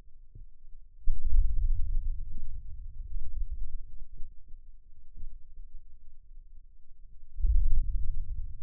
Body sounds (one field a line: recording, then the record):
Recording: forearm muscle sounds (acoustic myography)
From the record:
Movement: hand opening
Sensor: system 2, bracelet of six BSWA MPA416 microphones around the upper forearm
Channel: 1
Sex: male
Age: 22 years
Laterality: right